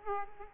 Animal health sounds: mosquito wingbeat signal from an infrared sensor; Aedes aegypti

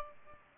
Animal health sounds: mosquito wingbeat signal from an infrared sensor; Aedes albopictus

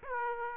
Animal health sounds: mosquito wingbeat signal from an infrared sensor; Aedes aegypti

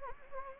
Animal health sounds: mosquito wingbeat signal from an infrared sensor; Anopheles gambiae

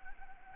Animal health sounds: mosquito wingbeat signal from an infrared sensor; Anopheles arabiensis

